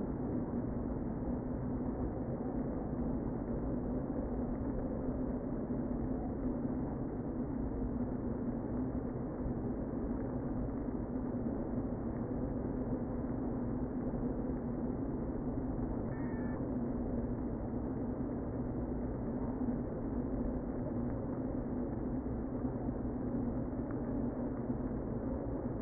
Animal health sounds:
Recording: honeybee colony, microphone inside the hive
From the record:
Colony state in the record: queen present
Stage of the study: before two queens were removed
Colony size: about 60,000 bees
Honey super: yes

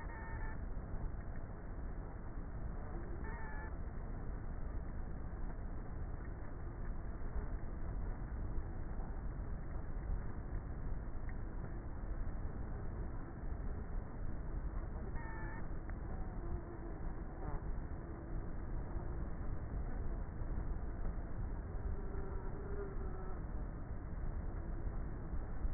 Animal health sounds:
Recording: honeybee colony, microphone inside the hive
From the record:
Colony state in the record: queenless with a low population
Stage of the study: before two queens were removed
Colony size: about 30,000 bees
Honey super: no

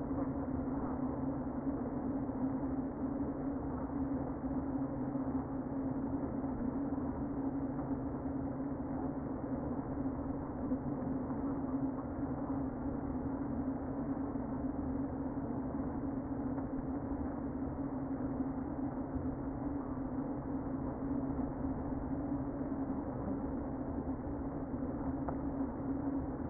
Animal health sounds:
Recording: honeybee colony, microphone inside the hive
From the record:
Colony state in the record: queen present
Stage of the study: before two queens were removed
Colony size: about 60,000 bees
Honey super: yes

